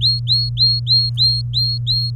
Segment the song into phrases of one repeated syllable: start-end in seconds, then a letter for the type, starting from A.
0.01-2.11 A